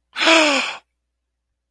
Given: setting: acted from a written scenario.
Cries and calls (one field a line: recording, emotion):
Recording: vocal sound without words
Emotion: fear